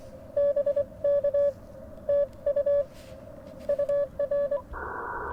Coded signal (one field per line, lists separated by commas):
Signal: Morse code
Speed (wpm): 21 wpm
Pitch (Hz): 590 Hz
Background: none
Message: BK TU UR